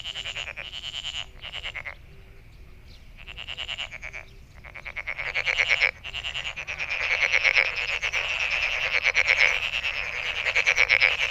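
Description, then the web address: Frogs in chorus, short bursts of rapid pulses broken by gaps early on, then a continuous rattling trill with a high steady ring. Recorded 23 May 2008. "misc sound frog frog 20080523"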